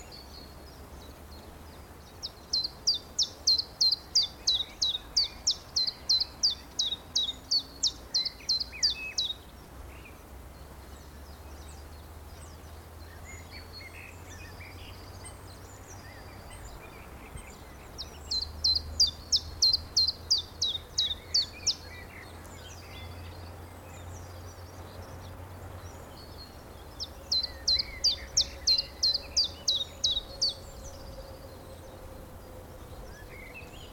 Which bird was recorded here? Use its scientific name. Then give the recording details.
Phylloscopus collybita. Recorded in the wild. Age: adult. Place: Friedhof Niederschönhausen III, Berlin, DE. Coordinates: 52.571, 13.386. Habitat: Stadtfriedhof. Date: 1992-04-12 11:50. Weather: heiter, 16°C. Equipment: Nagra SN, Mikrofon AKG CK 8, Kopie Tesla B 116. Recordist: Tembrock, Günter